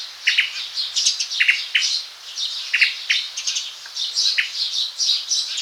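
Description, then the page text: Tickell's thrush calls: high chirps and sharp ticks in a busy, continuous series with short pauses between bursts. "Tickells Thrush Calls. Quick Sounds"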